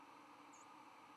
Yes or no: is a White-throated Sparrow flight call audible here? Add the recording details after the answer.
no. Another species' flight call is heard. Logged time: 05:24 on 11 November 2014